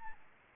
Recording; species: mosquito wingbeat signal from an infrared sensor; Aedes albopictus